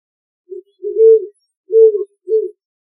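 Great horned owl giving a low four-note hoot series, a brief first note, two drawn-out middle hoots and a clipped last one, with nothing else audible.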